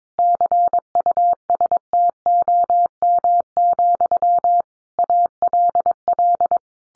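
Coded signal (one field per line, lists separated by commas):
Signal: Morse code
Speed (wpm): 22 wpm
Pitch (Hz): 700 Hz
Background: none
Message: CUSTOM, ALL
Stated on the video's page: Morse head-copy practice at 22 wpm, sentences sent in Morse, then spoken, then sent again.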